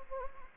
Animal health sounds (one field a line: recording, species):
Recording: mosquito wingbeat signal from an infrared sensor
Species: Anopheles gambiae